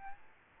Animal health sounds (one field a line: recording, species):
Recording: mosquito wingbeat signal from an infrared sensor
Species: Aedes albopictus